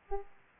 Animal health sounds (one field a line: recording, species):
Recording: mosquito wingbeat signal from an infrared sensor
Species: Aedes aegypti